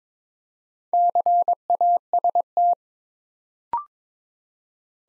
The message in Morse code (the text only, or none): CAST